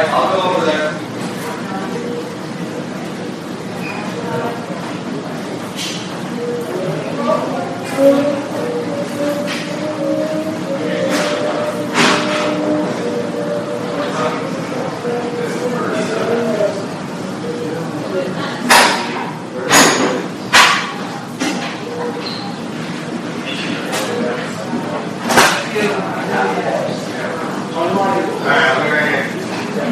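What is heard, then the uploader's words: A busy hospital emergency room, with overlapping voices talking steadily throughout. Sharp clacks and knocks of equipment break through, clustering around the last third, over a constant low murmur of activity. Hospital Emergency Room.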